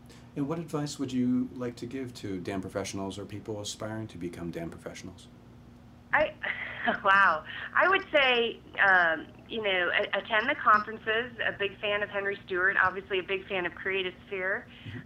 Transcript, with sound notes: What advice would you give to DAM professionals or people aspiring to become DAM professionals?
[laughs] Wow. I would say attend the conferences…a big fan of Henry Stewart, obviously a big fan of Createasphere.